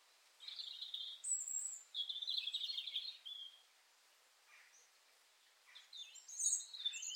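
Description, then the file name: European robin song, two warbled whistling phrases, a quiet gap, then higher thin notes resuming, soft hiss throughout. "Erithacus rubecula"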